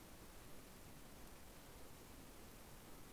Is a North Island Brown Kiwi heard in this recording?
no